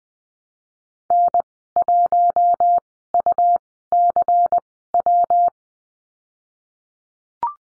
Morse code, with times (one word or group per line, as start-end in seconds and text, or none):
1.1-1.4 N
1.8-2.8 1
3.1-3.6 U
3.9-4.6 C
4.9-5.5 W